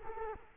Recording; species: mosquito wingbeat signal from an infrared sensor; Culex quinquefasciatus